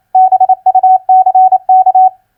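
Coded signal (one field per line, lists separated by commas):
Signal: Morse code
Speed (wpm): 28 wpm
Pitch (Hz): 750 Hz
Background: none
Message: BUCK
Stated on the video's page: Common four-letter word recognition practice sent at 28 wpm, played twice.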